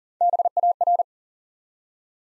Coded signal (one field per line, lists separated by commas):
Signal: Morse code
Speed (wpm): 42 wpm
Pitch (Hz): 700 Hz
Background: none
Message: BAR